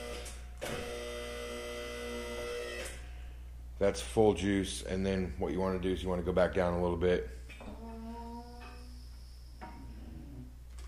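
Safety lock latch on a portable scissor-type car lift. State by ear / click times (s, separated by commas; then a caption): seated / 10.8 s. A QuickJack 7000 portable scissor-type car lift is raised to full height with a steady motor whine while someone talks, then lowered slightly so its steel safety lock drops into place. A single sharp metallic clack is heard at 10.8 s as the safety lock latch engages.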